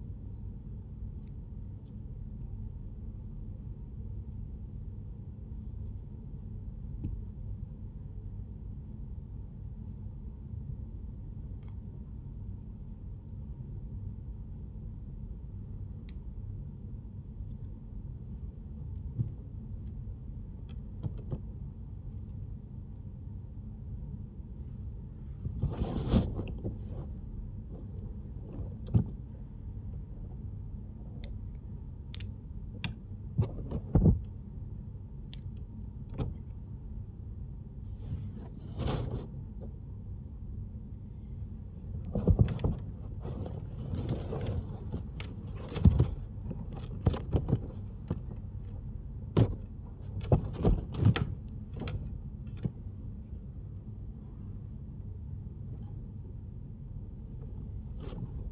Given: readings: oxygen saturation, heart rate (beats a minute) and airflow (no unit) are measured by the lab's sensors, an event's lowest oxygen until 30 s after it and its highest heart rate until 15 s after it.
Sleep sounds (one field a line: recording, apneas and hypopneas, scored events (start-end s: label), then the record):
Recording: a person awake in a sleep study, by a smartphone at the bedside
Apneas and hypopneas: none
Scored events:
0.00-58.52 s: awake
From the record:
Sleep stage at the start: awake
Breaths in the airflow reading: 21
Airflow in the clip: -1.2 to 1.0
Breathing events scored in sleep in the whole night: 131 in 7.2 hours asleep